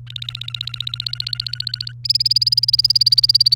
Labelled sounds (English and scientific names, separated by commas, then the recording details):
Domestic Canary (Serinus canaria) song
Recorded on 28 April 2018 at 15:34
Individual llb3